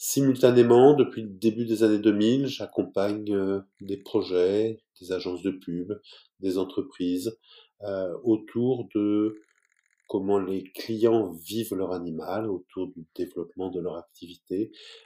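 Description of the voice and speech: A man speaks French calmly, sincerely and fluently at a low pitch, with a few hesitation pauses and fillers.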